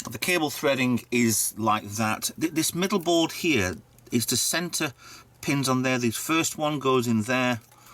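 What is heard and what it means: Someone talks while handling the first lighting cable's plastic connector, bringing it toward the pins of a small circuit board in the middle of a model starship skeleton (Star Trek Enterprise D build, stage 18.1), with faint handling sounds under the speech. The connector has not clicked into place yet.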